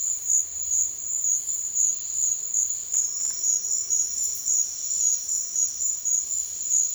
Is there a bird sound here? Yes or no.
no